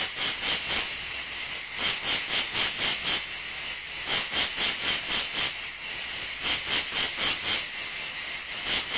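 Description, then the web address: Insect stridulation, a dense buzzy trill pulsing about four times a second, with steady hiss beneath. "animali insetti insetti insect"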